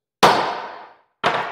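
A hammer taps the U-joint cap on a Revolution Gear and Axle chromoly axle shaft, giving upward pressure so the steel snap ring pops into its groove in the axle yoke. A sharp metallic clang at 0.2 s rings down over most of a second, followed by a second clang at about 1.2 s. The snap ring seats at 0.2 s and closes together, and the U-joint is installed into the long side of the shaft.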